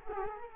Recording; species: mosquito wingbeat signal from an infrared sensor; Culex quinquefasciatus